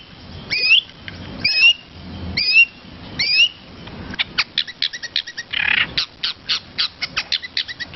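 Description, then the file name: Long-tailed shrike song: four squeaky, looping whistled phrases about once a second, then a quick run of sharp high chips and a brief harsh burst. Song filled with varied imitations of other birds (isian variasi). "suara cendet isian variasi"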